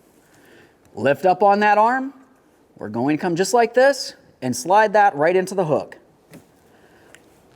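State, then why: Seated. On a 1999–2006 Chevrolet Silverado 1500, the wiper blade's plastic adapter is slid into the J-hook of the lifted metal wiper arm and pushed until it locks, while someone talks. A short, sharp click at 7.2 s marks the adapter seating onto the arm hook.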